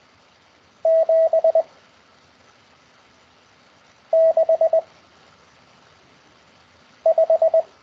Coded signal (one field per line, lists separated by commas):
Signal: Morse code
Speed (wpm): 20 wpm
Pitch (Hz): 650 Hz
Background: none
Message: 7 6 5